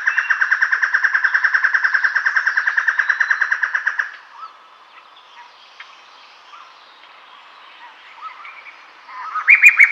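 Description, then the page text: White-necked laughingthrush, a rapid, evenly pulsed harsh chatter lasting about four seconds, followed by quiet scattered notes and a brief loud burst near the end. "White-Necked Laughingthrush Call. Quick Sounds"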